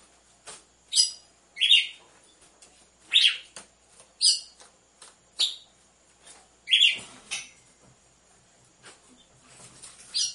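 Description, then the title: Red-cowled cardinal song: several short, bright, slightly harsh chirps at uneven intervals, with faint clicks and ticks between them. Female song, used to warm up males; with the beat of two males. "Canto Galo Campina Fêmea 01. ESQUENTE GALO DE CAMPINA COM BATIDA DE DOIS MACHOS"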